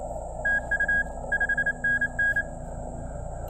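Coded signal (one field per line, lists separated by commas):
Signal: Morse code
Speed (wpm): 28 wpm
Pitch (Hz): 1650 Hz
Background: none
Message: TU 5NN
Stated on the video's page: QRP CW Parks on the Air activation on Labor Day weekend working DX, using an Elecraft K1 and Begali Traveler key into a 49:1 EFHW antenna with 40m wire.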